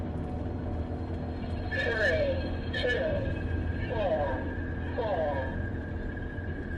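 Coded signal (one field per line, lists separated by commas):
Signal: numbers station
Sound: four short spoken words, evenly spaced, over a droning radio hum and steady whine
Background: radio static, engine rumble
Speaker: the hell is this? It makes me uncomfortable. I think it's a numbers station. Is that something from like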